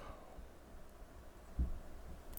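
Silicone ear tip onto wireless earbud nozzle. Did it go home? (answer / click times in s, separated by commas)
no / none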